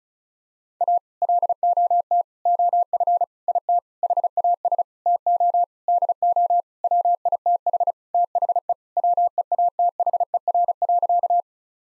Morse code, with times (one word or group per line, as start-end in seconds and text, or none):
0.8-1.0 A
1.2-2.2 LOT
2.5-3.2 OF
3.5-3.8 IT
4.0-4.8 HAS
5.1-5.6 TO
5.9-6.6 DO
6.8-7.9 WITH
8.1-8.7 THE
9.0-11.4 WEATHER.